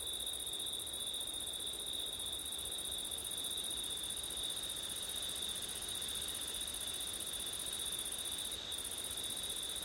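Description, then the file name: Steady chorus of crickets, high continuous trilling layered in two pitches, with one brief dip in the upper band near the end. Crickets at night in September, with wind; ORTF microphone setup. "crickets wind september night ortif"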